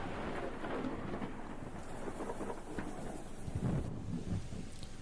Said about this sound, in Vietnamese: Ba chân bốn cẳng, hai người đội mưa chạy về. Trong cái cảnh trời giông bão trông vô cùng đáng sợ.